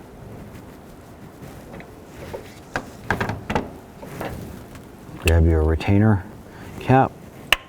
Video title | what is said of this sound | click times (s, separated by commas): How to Replace Alternator 2004-2009 Dodge Durango | snap that on then i'm going to go ahead and take this gray connector here | 7.5 s